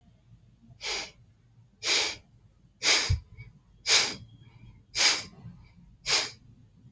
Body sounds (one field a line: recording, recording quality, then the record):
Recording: shallow breathing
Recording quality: excellent, no background noise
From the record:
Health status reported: healthy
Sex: male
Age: 25 years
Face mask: not worn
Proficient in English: yes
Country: India